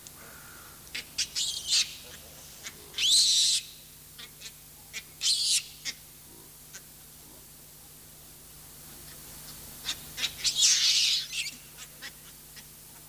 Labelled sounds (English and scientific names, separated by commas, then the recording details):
Hamadryas Baboon (Papio hamadryas)
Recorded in captivity
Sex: group
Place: Zoo Berlin, Berlin, DE
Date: 2003-09-15 18:08
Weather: heiter, 21°C
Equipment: Fair Mate ST-1328 (Asahi Electronics, Japan), Sennheiser ME 80, Kopie Uher 4000 Report Monitor
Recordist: Tembrock, Günter
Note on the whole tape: Gruppe (zuerst: drei Weibchen und ein Männchen; dann ein Paar): diverse Laute. Starkes Grundrauschen